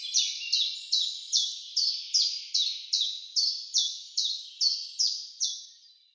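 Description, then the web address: Common chiffchaff singing a long, even run of high chiff-chaff notes, roughly two and a half per second, each sharply dropping in pitch. "Schulze Peter Common Chiffchaff song"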